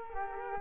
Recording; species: mosquito wingbeat signal from an infrared sensor; Culex quinquefasciatus